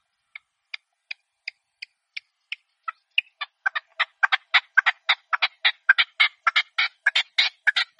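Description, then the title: Partridge calls beginning as soft, evenly spaced single notes that quicken and grow into loud, rasping chuckling bursts. Partridge call used as a hunting lure (reclamo). "Canto de Perdiz"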